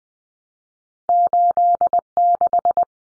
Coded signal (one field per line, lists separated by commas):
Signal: Morse code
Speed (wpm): 20 wpm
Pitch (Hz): 700 Hz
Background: none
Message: 86